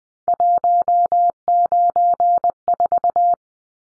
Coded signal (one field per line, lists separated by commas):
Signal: Morse code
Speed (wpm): 20 wpm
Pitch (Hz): 700 Hz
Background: none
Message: 194